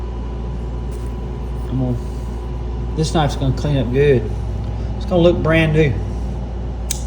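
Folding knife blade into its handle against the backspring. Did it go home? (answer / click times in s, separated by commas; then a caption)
yes / 6.9 s. A steel blade of a multi-blade folding pocket knife is worked against its backspring and folded into its handle. Someone talks over a low steady hum, then the blade snaps shut with a sharp click at 6.9 s.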